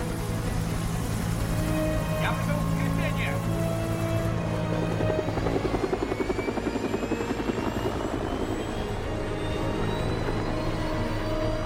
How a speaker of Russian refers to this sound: Они побежали к вертолету, чтобы полететь по указанным координатам. Вертолет взлетел в воздух.